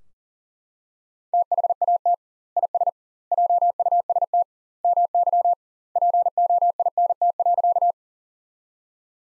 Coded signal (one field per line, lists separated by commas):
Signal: Morse code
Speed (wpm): 40 wpm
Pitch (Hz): 700 Hz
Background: none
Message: THAT IS JUST MY POINT.